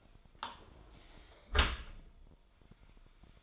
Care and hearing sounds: daily activity, microphone in the room; close dishwasher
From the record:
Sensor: 5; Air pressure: 1003.2 hPa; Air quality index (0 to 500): 129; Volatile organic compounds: 1 ppm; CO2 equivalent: 946 ppm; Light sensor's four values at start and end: 90/216/91/104 and 87/209/89/101

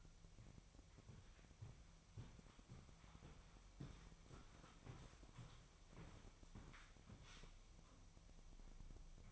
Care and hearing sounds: daily activity, microphone in the room; walk to room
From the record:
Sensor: 1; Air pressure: 999.5 hPa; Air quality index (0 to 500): 197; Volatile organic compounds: 39 ppm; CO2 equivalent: 3135 ppm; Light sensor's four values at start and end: 10/24/9/10 and 10/24/9/10

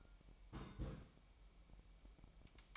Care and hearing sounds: daily activity, microphone in the room; place on stove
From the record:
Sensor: 1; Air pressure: 1002.0 hPa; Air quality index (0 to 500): 246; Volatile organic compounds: 50 ppm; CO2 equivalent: 3293 ppm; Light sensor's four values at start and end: 5/12/5/6 and 5/12/5/6

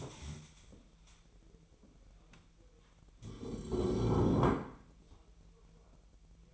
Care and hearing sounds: daily activity, microphone in the room; stand up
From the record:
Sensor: 1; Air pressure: 1001.8 hPa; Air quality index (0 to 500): 248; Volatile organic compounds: 120 ppm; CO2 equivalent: 3876 ppm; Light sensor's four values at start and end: 12/29/12/14 and 12/28/12/13

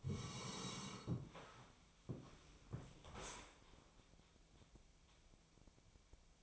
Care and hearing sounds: daily activity, microphone in the room; sit down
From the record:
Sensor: 1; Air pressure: 1000.5 hPa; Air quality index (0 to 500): 174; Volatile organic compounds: 4 ppm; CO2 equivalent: 1618 ppm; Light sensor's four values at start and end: 12/28/11/13 and 12/28/11/13

